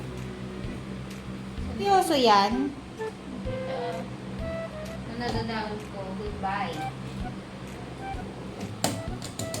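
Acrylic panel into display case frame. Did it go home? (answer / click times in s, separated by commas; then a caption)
yes / 8.8 s. An acrylic panel is fitted to a 3-layer acrylic display case with magnetic fittings while someone talks over background music. A sharp click at 8.8 s marks the panel seating into the case frame, followed by a few smaller taps. The panel is secure and attached.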